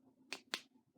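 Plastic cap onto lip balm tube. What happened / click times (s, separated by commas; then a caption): The plastic cap snapped shut / 0.3 s, 0.5 s. A thick plastic cap is pushed onto a Lacura Be Kissed Lip Balm tube in Cherry, giving two sharp, bright snap-like clicks at 0.3 s and 0.5 s over a quiet low background. The cap clicks firmly into place and is seated.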